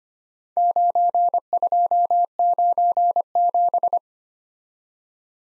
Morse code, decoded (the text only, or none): 9297